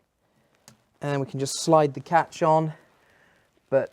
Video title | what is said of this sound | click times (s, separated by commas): Renault Scenic 3 - Seized Electronic Parking Brake Fault - How to Manually Release And Repair | and then there we go you hear that click | 0.7 s